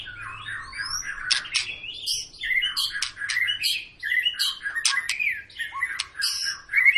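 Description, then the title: White-rumped shama song, a continuous flow of squeaky chatter, sweeping whistles and sharp clicks, with a faint low hum at the start. Long, vigorous song of a white-rumped shama, used as a lure to make other birds sing. "Pancingan Murai Batu Gacor Panjang"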